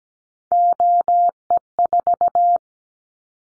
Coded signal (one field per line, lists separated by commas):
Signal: Morse code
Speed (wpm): 17 wpm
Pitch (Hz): 700 Hz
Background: none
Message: OE4